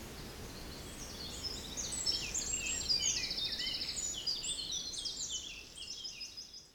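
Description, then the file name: Bird chorus of bright, high-pitched twitters and rapid trilled notes, several singers overlapping, against a soft wind rush. Forest in spring, windy at 3 Beaufort, recorded at 1 pm. "Forest Spring Birds Windy 3 bft 1 pm"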